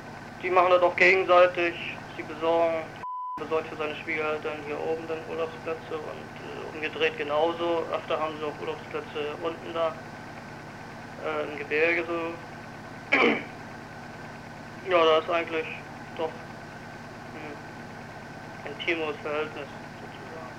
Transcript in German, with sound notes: die machen das auch gegenseitig, sie besorgen, Herr besorgt für seien Schwiegereltern hier oben dann Urlaubsplätze und - äh - umgedreht genauso, öfter haben sie auch Urlaubsplätze unten da - äh - im Gebirge [räuspert] Ja, da is' eigentlich doch 'n intimeres Verhältnis, sozusagen.